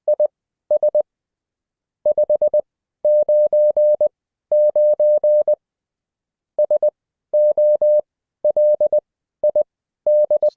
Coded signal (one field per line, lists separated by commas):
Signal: Morse code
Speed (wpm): 20 wpm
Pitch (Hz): 600 Hz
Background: none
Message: IS 599 SOLID